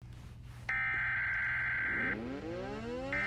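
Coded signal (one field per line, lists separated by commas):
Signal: Emergency Alert System (SAME) tones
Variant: header bursts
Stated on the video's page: Fictional EAS scenario.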